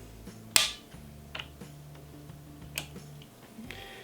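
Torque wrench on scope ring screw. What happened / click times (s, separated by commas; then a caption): Torque wrench clicked at its set torque on a re-check / 0.6 s. A torque wrench goes back over a scope ring screw to re-check that it is at 25 inch-pounds. A sharp click rings out at 0.6 s as the wrench releases, and only faint, quieter ticks and handling sounds follow against low background noise.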